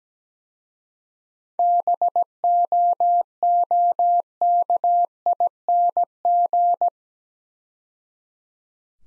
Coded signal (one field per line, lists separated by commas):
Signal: Morse code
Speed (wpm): 17 wpm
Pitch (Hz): 700 Hz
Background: none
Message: BOOKING